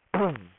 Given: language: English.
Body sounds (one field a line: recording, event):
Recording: throat vibration sensor signal played as sound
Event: throat clearing